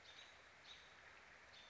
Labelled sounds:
American Robin (Turdus migratorius)
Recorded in Sonoma County, California

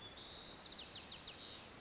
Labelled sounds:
White-crowned Sparrow (Zonotrichia leucophrys)
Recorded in Sonoma County, California

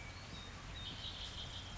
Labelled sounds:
Red-winged Blackbird (Agelaius phoeniceus)
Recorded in Sonoma County, California

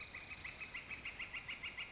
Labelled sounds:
Northern Flicker (Colaptes auratus)
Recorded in Sonoma County, California

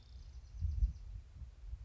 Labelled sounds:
Bewick's Wren (Thryomanes bewickii)
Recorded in Sonoma County, California

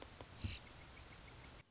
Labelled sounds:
Anna's Hummingbird (Calypte anna)
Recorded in Sonoma County, California

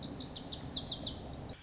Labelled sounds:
Lazuli Bunting (Passerina amoena)
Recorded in Sonoma County, California

